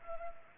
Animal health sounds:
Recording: mosquito wingbeat signal from an infrared sensor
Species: Culex pipiens

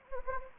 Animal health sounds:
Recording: mosquito wingbeat signal from an infrared sensor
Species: Anopheles gambiae

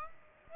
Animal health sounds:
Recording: mosquito wingbeat signal from an infrared sensor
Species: Aedes aegypti

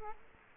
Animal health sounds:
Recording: mosquito wingbeat signal from an infrared sensor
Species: Culex quinquefasciatus

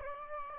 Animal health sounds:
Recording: mosquito wingbeat signal from an infrared sensor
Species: Aedes aegypti

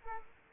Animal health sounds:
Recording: mosquito wingbeat signal from an infrared sensor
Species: Culex quinquefasciatus

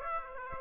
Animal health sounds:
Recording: mosquito wingbeat signal from an infrared sensor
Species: Aedes aegypti

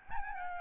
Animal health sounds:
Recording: mosquito wingbeat signal from an infrared sensor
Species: Aedes albopictus

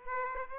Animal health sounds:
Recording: mosquito wingbeat signal from an infrared sensor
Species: Aedes aegypti

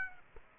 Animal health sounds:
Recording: mosquito wingbeat signal from an infrared sensor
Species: Aedes aegypti

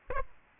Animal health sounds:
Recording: mosquito wingbeat signal from an infrared sensor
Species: Aedes aegypti

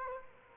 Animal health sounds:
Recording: mosquito wingbeat signal from an infrared sensor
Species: Culex quinquefasciatus

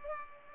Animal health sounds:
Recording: mosquito wingbeat signal from an infrared sensor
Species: Culex pipiens

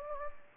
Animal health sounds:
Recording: mosquito wingbeat signal from an infrared sensor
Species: Anopheles gambiae

